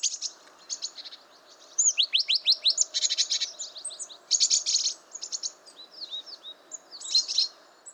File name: Parus major